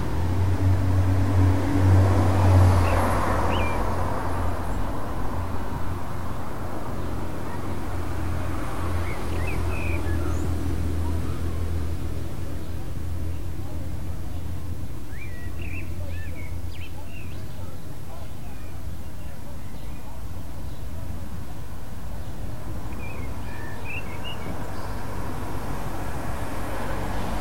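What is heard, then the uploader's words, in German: Steady outdoor sound by a house in front of a sports field, carried by a constant low hum throughout. A murmur, possibly voices, rises in the first few seconds, and brief high chirps, likely birds, appear around 8–10, 15–17 and 23–25 seconds. Fuerth/Das Haus vor dem Sportplatz.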